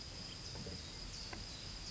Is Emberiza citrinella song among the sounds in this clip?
no